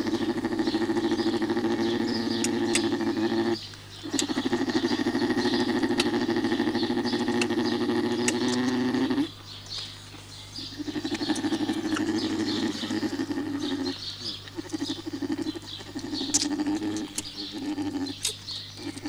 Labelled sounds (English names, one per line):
Polar Bear